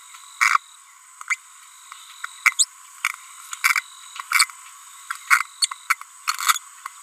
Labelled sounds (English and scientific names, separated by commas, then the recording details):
Green-rumped Parrotlet (Forpus passerinus) babbling
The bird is a female
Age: 30 days
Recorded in a nest box in Venezuela
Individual 17B42B3